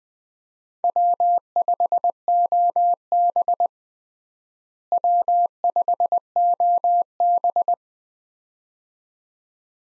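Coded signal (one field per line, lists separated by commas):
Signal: Morse code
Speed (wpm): 21 wpm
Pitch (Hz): 700 Hz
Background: none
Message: W5OB W5OB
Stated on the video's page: Morse call sign head-copy drill at 20 wpm: US 4-character call signs, each sent twice, then sent again.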